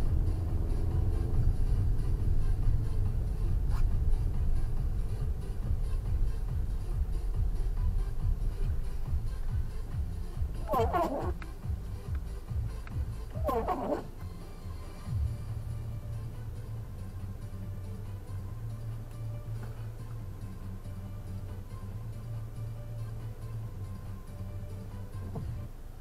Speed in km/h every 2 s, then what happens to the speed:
35, 27, 20, 15, 5, 0, 0, 0, 0, 0, 0, 0, 0.
0-9 brakes to 0. 9-26 standing.